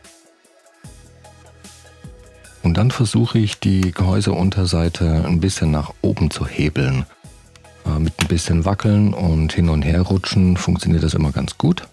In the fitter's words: er hat das laute knacken gehört dazu das ist einfach wenn die unterseite aus den 1 rast stellen gelöst wird